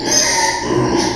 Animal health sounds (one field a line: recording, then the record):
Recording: squeal of a Yucatan mini pig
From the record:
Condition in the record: before surgery on the right vocal fold (resection and tissue-engineered implant)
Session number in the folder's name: 1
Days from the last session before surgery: -3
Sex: male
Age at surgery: 12 weeks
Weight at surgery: 13 kg